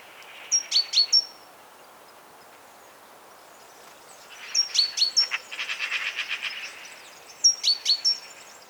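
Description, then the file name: Great tit giving clusters of thin, high notes in three bursts, the middle burst followed by a harsh buzzy churring rattle, quiet gaps between. "Parus major"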